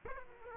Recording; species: mosquito wingbeat signal from an infrared sensor; Aedes aegypti